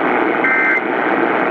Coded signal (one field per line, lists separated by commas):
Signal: Emergency Alert System (SAME) tones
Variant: end-of-message bursts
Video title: Milwaukee CAE EAS Relays On 620 AM WTMJ (EAS #590-591)